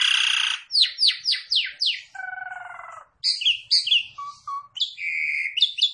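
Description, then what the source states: Javan pied starling song opening with a harsh burst, then falling whistled notes repeated quickly, a low buzzy rattle and mixed squeaky phrases. Lure call meant to make the bird call back straight away.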